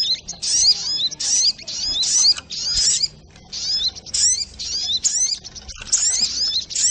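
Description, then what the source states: Little Spiderhunter song of busy high chirps and upslurred whistles, fairly irregular, with one longer pause midway. Training recording (masteran) used to teach song to birds; labelled 'Labaik'.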